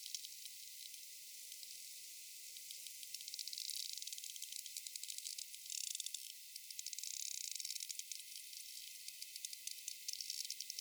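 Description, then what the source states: Sperm whale clicking, a dense stream of sharp high clicks with several faster bursts that blur into buzzy runs, over a steady faint hiss. Rapid clicks and a coda.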